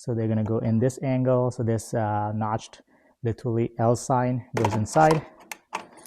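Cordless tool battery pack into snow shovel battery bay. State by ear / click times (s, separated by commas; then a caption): not seated / none. Someone talks while angling a 20V lithium-ion battery pack so its notched L-shaped rail goes into the battery slot of a Litheli cordless snow shovel. A few faint handling knocks come near the end, around 5.5 and 5.8 seconds. The pack is only being handled and has not clicked or seated into the slot yet.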